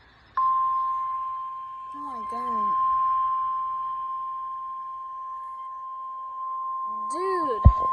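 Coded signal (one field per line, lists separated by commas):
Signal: Emergency Alert System (SAME) tones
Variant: 1050 Hz attention tone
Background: speech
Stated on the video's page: Severe thunderstorm warning received on NOAA weather radio station WXL70.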